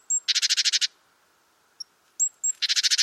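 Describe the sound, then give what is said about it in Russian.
A golden oriole gives its harsh, cat-like contact call, not an alarm call, twice, each a raspy burst of rapid buzzy pulses led by a short thin note, with quiet between the two bouts. “Это не тревожный голос, это просто позывка. Вот это вот кошачий крик”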